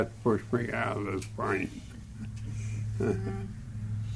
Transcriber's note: chuckling